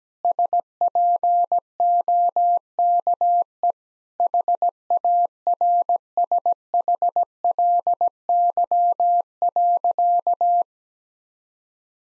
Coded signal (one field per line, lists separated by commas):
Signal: Morse code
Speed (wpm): 17 wpm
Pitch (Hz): 700 Hz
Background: none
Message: SPOKE HARSHLY.